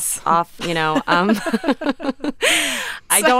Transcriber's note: laughter